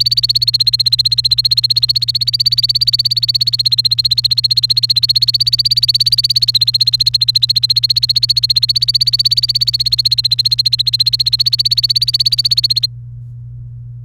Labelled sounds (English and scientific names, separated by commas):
Domestic Canary (Serinus canaria) song